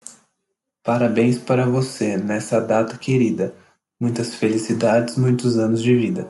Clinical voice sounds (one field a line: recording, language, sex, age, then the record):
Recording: short text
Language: Brazilian Portuguese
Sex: male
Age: 20 to 29 years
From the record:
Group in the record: control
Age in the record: 28 years